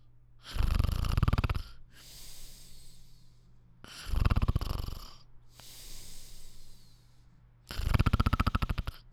Snore.